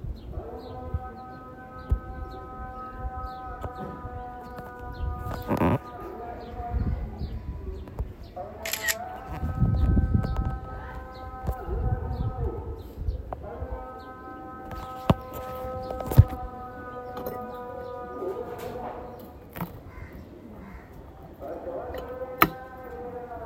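Sounds of Zanzibar: a steady, droning tone with several stacked pitches holds for stretches of a few seconds, breaking off near 6, 13 and 20 seconds before returning. A low rumble runs underneath throughout, and sharp clicks snap out now and then, notably around 6, 9, 16 and 22 seconds.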